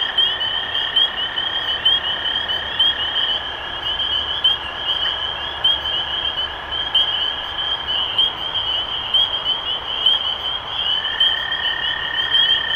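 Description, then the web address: Many spring peepers give high upslurred peeps in a steady chorus, while a lower trill stops partway and starts again near the end. Recorded 23 March 2012. "rob animals Peepers-2012-0323"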